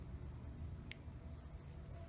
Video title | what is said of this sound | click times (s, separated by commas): Renn WP 2019 04 29 rev3 | We will insert it, you'll hear a click. | 0.9 s